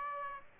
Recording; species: mosquito wingbeat signal from an infrared sensor; Aedes aegypti